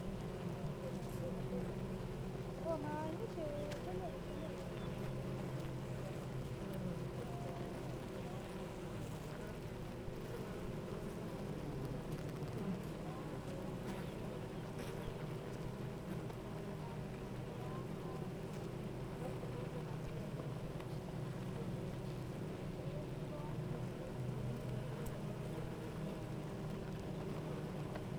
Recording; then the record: honeybee colony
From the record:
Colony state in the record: active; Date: 28 July 2017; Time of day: 8:53